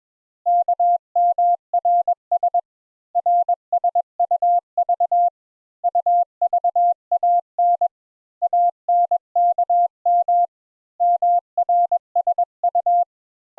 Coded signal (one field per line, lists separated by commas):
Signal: Morse code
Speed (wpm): 21 wpm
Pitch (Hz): 700 Hz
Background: none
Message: KMRS RSUV UVAN ANKM MRSU